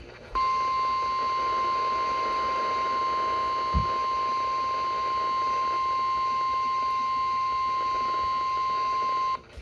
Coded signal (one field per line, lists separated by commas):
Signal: Emergency Alert System (SAME) tones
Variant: 1050 Hz attention tone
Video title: End of November Alerts (EAS #183-185)